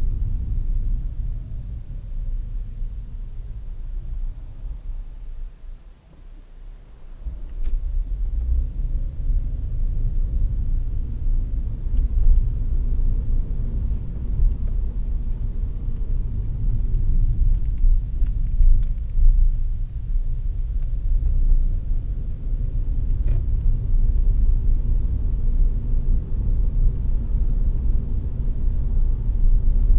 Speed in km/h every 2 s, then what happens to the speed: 18, 9, 0, 0, 27, 37, 43, 37, 23, 17, 28, 37, 45, 49, 49.
0-4 brakes to 0. 4-6 standing. 6-11 pulls away to 43. 13-17 brakes to 17. 18-25 speeds up to 49.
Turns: 15-20.